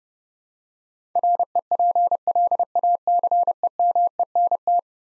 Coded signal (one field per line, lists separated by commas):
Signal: Morse code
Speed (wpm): 29 wpm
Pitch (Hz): 700 Hz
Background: none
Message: REPLACEMENT